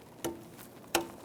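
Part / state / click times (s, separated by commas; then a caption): black wiring connector into its socket / seated / 0.9 s. While a starter is replaced on a 2009–2014 Nissan Maxima with the 3.5L V6, a black plastic wiring connector is pressed into its socket and its locking tab is pulled down until it latches. A quieter sharp tick comes about a quarter second in, then a louder, crisp click at 0.95 s as the tab clicks home and the connector is seated.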